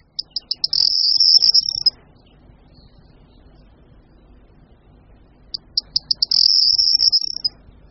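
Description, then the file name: Corn bunting song repeated twice, roughly five seconds apart: sharp separate ticks accelerating into a high, fizzing, jangling trill, with quiet low background rumble. "Strnad-luční"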